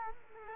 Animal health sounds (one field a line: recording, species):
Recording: mosquito wingbeat signal from an infrared sensor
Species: Culex quinquefasciatus